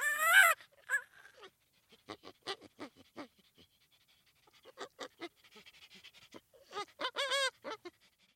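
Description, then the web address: Chimpanzee soft panting bursts in quick breathy pulses, opening and closing with brief high squealing notes, between short silences. Chimpanzee call that resembles soft laughter. "sonido de un chimpance que recuerda a una risa suave"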